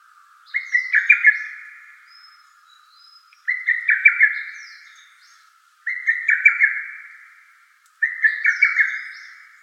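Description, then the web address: Lesser cuckoo singing a rapid, staccato whistled phrase that rises then trails off, repeated four times about every two and a half seconds. Recorded on 24 May 2017. "birdenaga hototogisu 170524"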